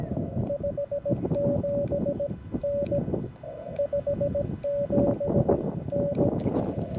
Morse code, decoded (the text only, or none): 57N 57N